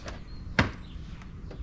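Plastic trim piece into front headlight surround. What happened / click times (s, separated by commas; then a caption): The plastic trim piece snapped into place / 0.6 s. A plastic trim piece next to a Morimoto XRGB headlight on a 2021 Ford Bronco is pushed back into the front headlight surround. A loud, sharp snap at 0.6 s is heard between faint taps near 0.1, 1.2 and 1.5 s. The trim piece snaps in and is seated.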